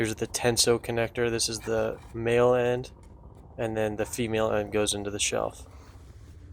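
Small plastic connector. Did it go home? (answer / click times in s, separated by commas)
no / none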